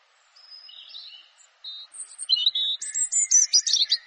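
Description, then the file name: European robin song: thin, high drawn-out whistles that break into a louder burst of rapid, sparkling trills and twitters near the end. "canto do pisco de peito ruivo"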